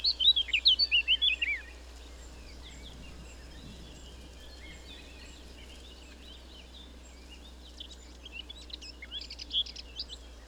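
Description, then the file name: Eurasian blackcap song: a quick burst of high warbling notes in the first two seconds, then quiet, then a softer scratchy warble returning near the end. "Sylvia atricapilla"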